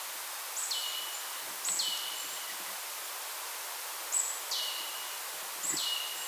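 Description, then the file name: Marsh tit calls, short high notes dropping sharply into a lower buzzy tail, given four times with uneven gaps over steady hissing background noise. "Poecile palustris"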